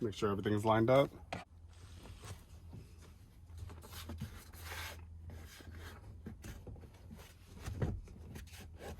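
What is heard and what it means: A driver-side door trim panel on a 2010-2013 Acura ZDX is lined up against the car door frame so its plastic retaining clips can snap in. Someone talks, followed by soft rubbing and handling sounds with brief knocks near 1.3 and 7.8 seconds. Nothing has seated or clicked yet.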